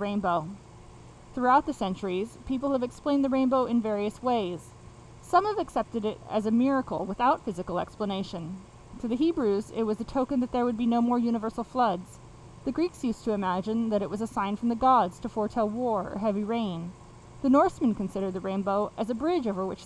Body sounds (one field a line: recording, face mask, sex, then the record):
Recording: reading aloud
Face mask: surgical mask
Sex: female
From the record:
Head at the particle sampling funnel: facing it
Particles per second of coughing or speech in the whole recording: 0.448